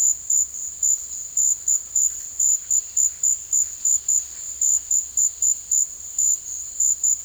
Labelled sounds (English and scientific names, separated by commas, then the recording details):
none
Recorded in secondary vegetation near Puerto Asís, Putumayo, Colombia, on 18 February 2024 at 15:30
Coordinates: 0.481, -76.323
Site G6376